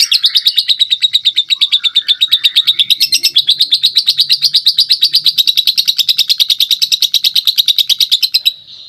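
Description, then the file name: Lovebird giving a long, continuous chattering trill of rapid, evenly pulsed high notes, sustained for about eight seconds before stopping abruptly. Lovebird performing ngekek panjang, a long trill song style. "lovebird prestige"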